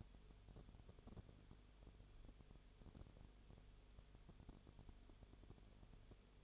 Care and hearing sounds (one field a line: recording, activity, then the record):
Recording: daily activity, microphone in the room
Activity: no activity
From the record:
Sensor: 4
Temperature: 22.0 degrees Celsius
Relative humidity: 29.4%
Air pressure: 1002.1 hPa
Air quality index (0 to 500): 59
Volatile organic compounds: 1 ppm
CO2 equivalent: 609 ppm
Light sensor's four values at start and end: 2/3/1/1 and 2/3/1/1